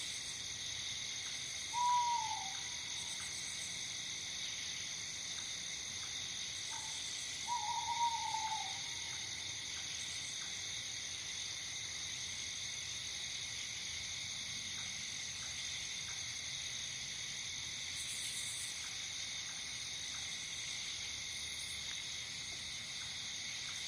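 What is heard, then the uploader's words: Nocturnal crickets chirp in a dense, unbroken chorus from a forest near marshes, several steady high-pitched bands layered together without pause. Twice, near 2 and 8 seconds, a brief descending call cuts through, likely a frog or bird. Today's episode features lots of nocturnal crickets. They take up the entire soundscape and only by listening closely can you discover more animals and sounds. Out in the forest, near the marshes. Nocturnal chirping.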